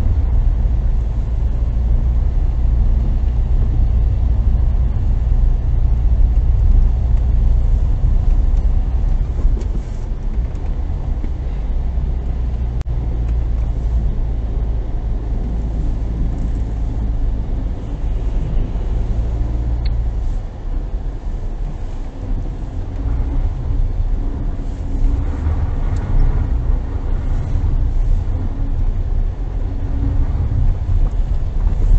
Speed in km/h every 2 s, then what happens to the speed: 25, 26, 25, 26, 22, 17, 16, 14, 14, 12, 9, 8, 8, 6, 9, 13.
0-7 steady at about 25. 7-25 slows to 6.